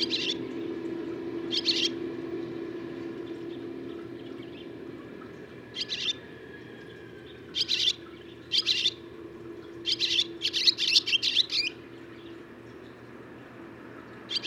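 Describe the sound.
Barn swallow giving scattered bursts of sharp chirps, with a longer run of rapid chirps late on, over rushing background noise and a low hum.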